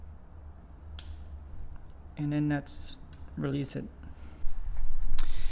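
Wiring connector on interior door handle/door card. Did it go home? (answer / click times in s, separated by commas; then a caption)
released / 1.0 s. A locking tab on the plastic wiring connector for the interior door handle of a C200 W203 door card is pressed and pulled back, giving a sharp click at 1.0 s that shows the lock has released so the connector can come off. Someone talks, and another sharp tick comes near the end.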